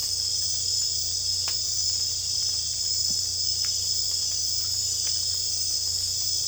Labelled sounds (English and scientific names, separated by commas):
none